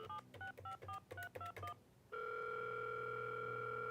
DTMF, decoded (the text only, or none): 7654321